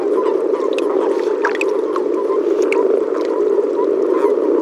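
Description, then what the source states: Common frog chorus, a thick continuous low purring from many frogs, with small clicks on top. Recorded at Sissonne, France.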